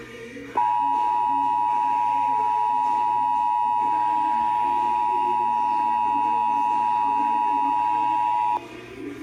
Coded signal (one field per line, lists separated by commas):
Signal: Emergency Alert System (SAME) tones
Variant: 853 and 960 Hz attention tone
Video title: EAS #129 Child Abduction Emergency